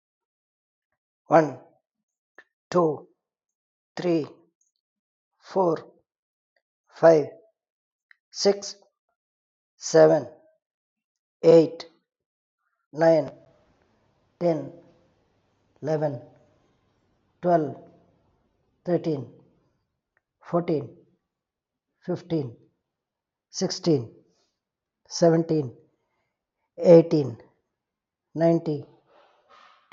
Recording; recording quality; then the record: counting at a normal pace; excellent, no background noise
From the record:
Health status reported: respiratory illness, not identified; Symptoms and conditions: asthma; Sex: male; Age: 45 years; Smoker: not ticked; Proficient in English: yes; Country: India